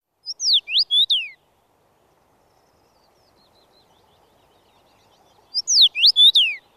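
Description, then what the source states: Common Rosefinch singing a short clear whistled phrase of rising and falling slurred notes, repeated after about four seconds of near silence. Song described as wistful and melancholic; once used as a sound effect in Finnish films after tragic scenes in midwinter frost.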